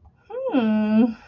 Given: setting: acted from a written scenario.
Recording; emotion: vocal sound without words; pride